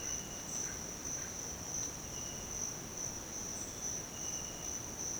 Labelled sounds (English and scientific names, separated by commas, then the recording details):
none
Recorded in dense forest near Puerto Asís, Putumayo, Colombia, on 13 March 2025 at 06:30
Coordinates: 0.486, -76.317
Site G053